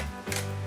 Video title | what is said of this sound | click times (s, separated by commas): Test #2 : Le Polisseur et Lustreur électrique de Revlon♡ | et une fois que les piles sont bien enclenchées on vient remettre le cache on clipse | 0.3 s